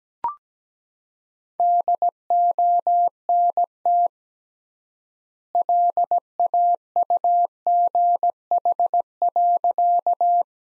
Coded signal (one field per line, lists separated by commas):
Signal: Morse code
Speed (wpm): 17 wpm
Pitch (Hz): 700 Hz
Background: none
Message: DONT LAUGH.